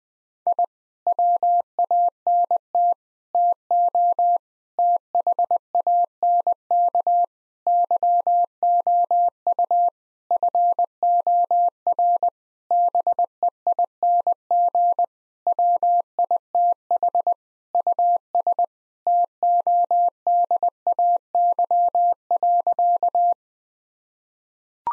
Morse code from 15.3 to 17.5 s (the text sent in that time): WITH